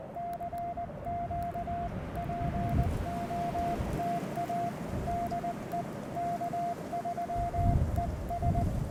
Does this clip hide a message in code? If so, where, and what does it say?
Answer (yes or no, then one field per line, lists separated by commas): yes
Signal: Morse code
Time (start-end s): 0.2-8.6 s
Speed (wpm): 19 wpm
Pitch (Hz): 690 Hz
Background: radio noise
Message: CQPOTA DE K3ES